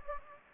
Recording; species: mosquito wingbeat signal from an infrared sensor; Anopheles gambiae